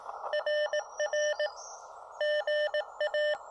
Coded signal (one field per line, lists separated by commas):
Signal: Morse code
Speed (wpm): 19 wpm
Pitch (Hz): 600 Hz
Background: none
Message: RR GA